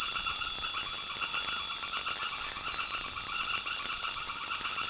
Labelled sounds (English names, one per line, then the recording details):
none
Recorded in secondary vegetation near Puerto Asís, Putumayo, Colombia, on 9 March 2025 at 19:00
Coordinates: 0.489, -76.322
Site G042